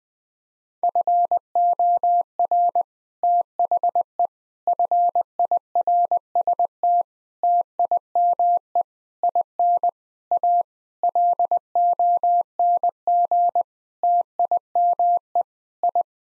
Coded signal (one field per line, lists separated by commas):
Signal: Morse code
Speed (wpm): 20 wpm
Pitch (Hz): 700 Hz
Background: none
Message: FOR THE FIRST TIME IN A LONG TIME I